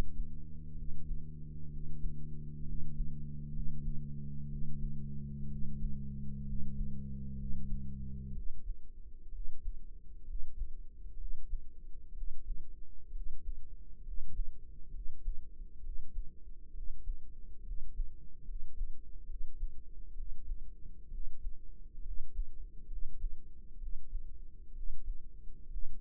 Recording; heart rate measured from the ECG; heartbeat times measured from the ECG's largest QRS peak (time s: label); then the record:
heart sounds by microphone in the right ear; 65 bpm
0.72 s: heartbeat
1.67 s: heartbeat
2.62 s: heartbeat
3.49 s: heartbeat
4.46 s: heartbeat
5.46 s: heartbeat
6.42 s: heartbeat
7.34 s: heartbeat
8.30 s: heartbeat
9.29 s: heartbeat
10.23 s: heartbeat
11.14 s: heartbeat
12.11 s: heartbeat
13.10 s: heartbeat
14.01 s: heartbeat
14.89 s: heartbeat
15.79 s: heartbeat
16.71 s: heartbeat
17.61 s: heartbeat
18.43 s: heartbeat
19.24 s: heartbeat
20.13 s: heartbeat
21.08 s: heartbeat
22.01 s: heartbeat
22.86 s: heartbeat
23.76 s: heartbeat
24.71 s: heartbeat
25.66 s: heartbeat
From the record:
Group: healthy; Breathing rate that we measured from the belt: 15 breaths a minute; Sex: male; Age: 20 years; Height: 167 cm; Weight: 61 kg